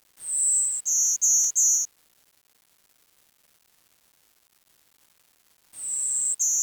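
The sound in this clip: Bird giving a high pure whistle followed by three rapid shorter notes, a long silence, then the phrase begins again.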